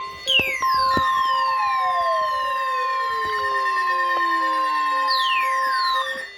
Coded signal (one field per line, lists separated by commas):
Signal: Emergency Alert System (SAME) tones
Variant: 1050 Hz attention tone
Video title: CRAZANITY IV: SCOOBY DOO'S ULTIMATE TROPICAL MYSTERY... EAS Alerts from 8/17-8/18/21 (EAS #674-741)